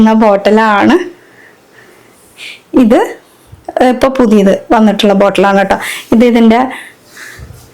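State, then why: Not seated. Someone talks while handling a new plastic hair-oil bottle with a locking cap, the lock meant to keep it from opening in a travel bag. Only speech is heard, with a few faint soft handling noises between phrases. The cap lock has not clicked shut yet.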